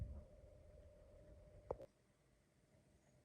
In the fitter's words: airbag is snapped into place